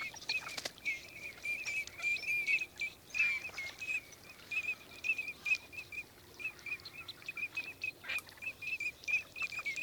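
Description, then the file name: Eurasian teal giving rapid, overlapping high whistles as a constant chorus, with faint background hiss. 14 October 2006. "sarcelle d hiver 141006"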